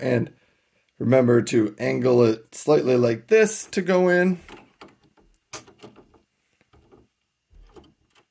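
Someone talks while a tri-color HP 68 plastic ink cartridge with a purple top is angled and worked into the carriage slot of an HP 6555e printer, lining it up before it is pressed home. After the talking, only faint, scattered light handling taps and scrapes are heard. Nothing has seated or clicked yet.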